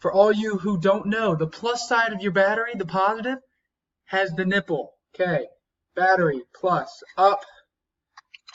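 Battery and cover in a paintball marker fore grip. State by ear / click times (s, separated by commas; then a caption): seated / 8.4 s. A battery goes into the side of a paintball marker's fore grip, and its cover is pushed closed while someone talks. After a quiet pause, a few small sharp clicks sound near the end, and the cover snaps into place at 8.4 seconds.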